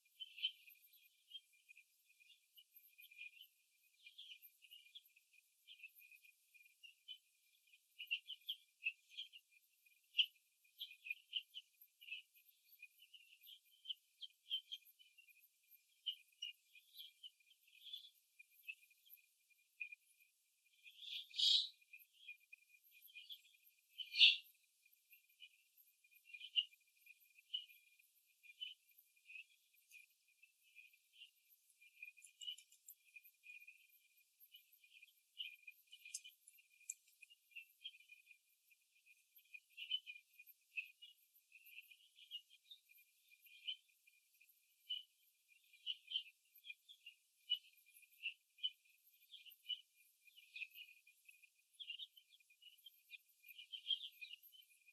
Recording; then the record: young laying hens in a cage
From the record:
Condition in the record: before the stressor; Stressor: simulated dog barking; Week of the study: 2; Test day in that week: 3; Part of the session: 2